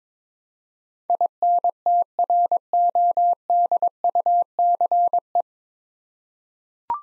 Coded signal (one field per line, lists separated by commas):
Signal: Morse code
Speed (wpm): 22 wpm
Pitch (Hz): 700 Hz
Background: none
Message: INTRODUCE